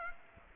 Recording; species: mosquito wingbeat signal from an infrared sensor; Aedes aegypti